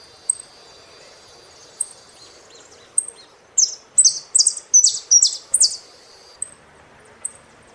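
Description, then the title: Saffron finch song: a few thin high chip notes, then a burst of loud, buzzy descending phrases in the middle, then sparse chips again. "Jilguero Argentino"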